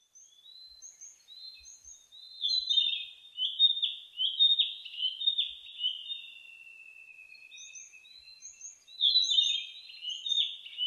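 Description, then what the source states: Narcissus flycatcher singing in varied warbling phrases with a long gliding whistle in the middle, and faint thin high notes at times. Recorded 15 May 2004.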